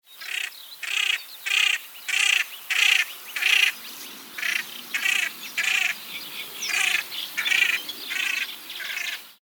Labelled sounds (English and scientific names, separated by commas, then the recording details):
Common Pochard (Aythya ferina)
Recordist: Tembrock, Günter
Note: Flugrufe eines Weibchens